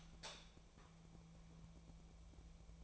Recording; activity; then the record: daily activity, microphone in the room; light on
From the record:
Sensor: 1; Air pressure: 1000.0 hPa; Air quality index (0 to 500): 130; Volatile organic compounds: 2 ppm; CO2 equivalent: 1230 ppm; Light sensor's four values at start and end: 41/103/43/53 and 44/117/48/58